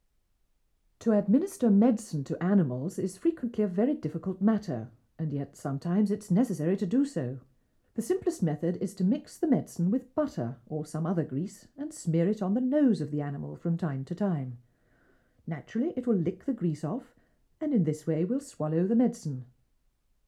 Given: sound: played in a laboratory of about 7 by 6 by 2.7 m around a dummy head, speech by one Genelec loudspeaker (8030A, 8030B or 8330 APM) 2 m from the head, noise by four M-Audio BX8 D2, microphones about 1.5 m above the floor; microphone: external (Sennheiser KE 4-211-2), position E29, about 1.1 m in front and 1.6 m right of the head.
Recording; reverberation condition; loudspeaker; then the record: female speech in English; low; 60 degrees to the right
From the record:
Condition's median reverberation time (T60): about 310 ms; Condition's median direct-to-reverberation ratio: about 3.5 dB